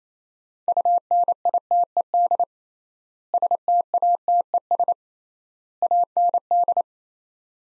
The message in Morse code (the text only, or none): UNITED STATES AND